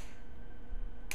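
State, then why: Seated. A peg on a small plastic toy sword is pushed onto a small rod on an action figure. After a low, steady background, a sharp click is heard at 1.1 s as the peg snaps into place and the sword is seated.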